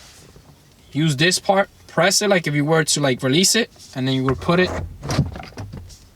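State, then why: Seated. Someone talks while holding back the release collar of an aftermarket steering wheel quick-release adapter for a Honda Prelude and fitting it onto its mating hub on the steering wheel. When the collar is let go, the metal latch snaps into place with a short, sharp click at 5.6 s, and the adapter is seated.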